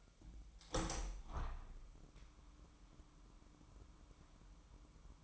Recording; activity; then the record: daily activity, microphone in the room; open window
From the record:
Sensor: 1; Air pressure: 998.0 hPa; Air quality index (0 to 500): 124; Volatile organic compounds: 3 ppm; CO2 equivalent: 1482 ppm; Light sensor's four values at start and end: 17/57/23/23 and 17/57/23/23